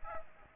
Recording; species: mosquito wingbeat signal from an infrared sensor; Aedes aegypti